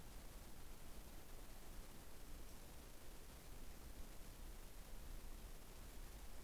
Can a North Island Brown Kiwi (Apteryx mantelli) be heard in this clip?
no